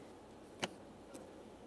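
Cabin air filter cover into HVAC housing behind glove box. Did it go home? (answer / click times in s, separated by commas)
yes / 0.6 s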